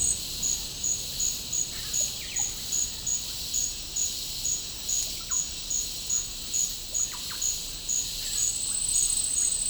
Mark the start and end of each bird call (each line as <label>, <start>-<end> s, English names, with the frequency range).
Russet-backed Oropendola (0.1-5.9 kHz), 1.67-2.53 s
Thrush-like Wren (0.6-2.7 kHz), 5.11-5.46 s
Thrush-like Wren (0.5-3.3 kHz), 6.89-7.43 s